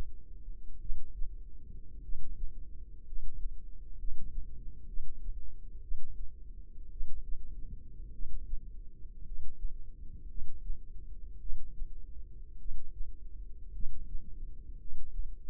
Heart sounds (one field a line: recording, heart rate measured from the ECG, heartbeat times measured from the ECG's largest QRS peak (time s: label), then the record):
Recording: heart sounds by microphone in the left ear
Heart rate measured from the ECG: 56 bpm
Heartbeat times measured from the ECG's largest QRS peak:
0.78 s: heartbeat
2.00 s: heartbeat
3.03 s: heartbeat
3.95 s: heartbeat
4.85 s: heartbeat
5.80 s: heartbeat
6.88 s: heartbeat
8.10 s: heartbeat
9.22 s: heartbeat
10.26 s: heartbeat
11.37 s: heartbeat
12.56 s: heartbeat
13.71 s: heartbeat
14.76 s: heartbeat
From the record:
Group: healthy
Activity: cold pressor test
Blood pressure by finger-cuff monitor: 131/56 mmHg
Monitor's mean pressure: 81 mmHg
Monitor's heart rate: 54 bpm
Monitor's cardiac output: 6.6 L/min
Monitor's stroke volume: 119 mL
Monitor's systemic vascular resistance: 920 dyn s/cm5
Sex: male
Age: 25 years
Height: 170 cm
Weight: 70.4 kg